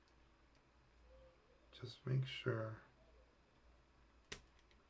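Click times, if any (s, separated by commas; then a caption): 4.3 s. A crimped metal contact is pushed into a plastic Anderson Powerpole housing until its tongue locks onto the metal spring. Someone talks briefly. A sharp click at 4.3 s marks the contact seating in the housing.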